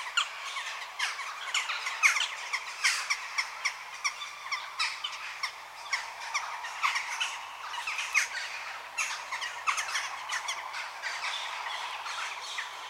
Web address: jackdaw adults and fledgelings in quarry begging and feeding calls from chicks